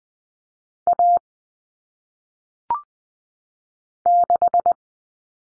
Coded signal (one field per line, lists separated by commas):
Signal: Morse code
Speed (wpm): 20 wpm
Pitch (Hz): 700 Hz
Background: none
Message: A 6